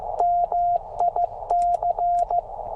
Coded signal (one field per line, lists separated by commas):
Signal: Morse code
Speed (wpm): 14 wpm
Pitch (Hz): 690 Hz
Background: radio noise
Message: MIC